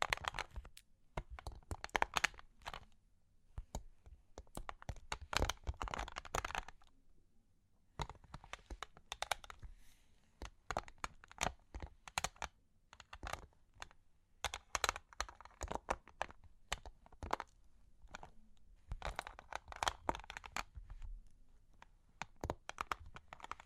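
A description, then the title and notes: Long claws tap and scratch in irregular bursts, a quick clatter of sharp clicks and rasping scrapes. Dense flurries come near the start, around 5–7 seconds and again near 15 and 20 seconds, broken by short quiet gaps and a faint low hum underneath. Long Claws Tapping and Scratching (No Talking).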